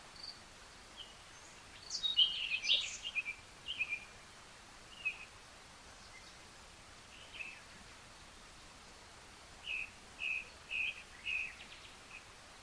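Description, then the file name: Common nightingale song: a chattering phrase early on, then separate short notes, ending with a string of about five repeated clipped notes, over soft hiss. "Luscinia megarhynchos"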